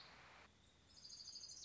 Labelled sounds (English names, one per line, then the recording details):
Orange-crowned Warbler
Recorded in Sonoma County, California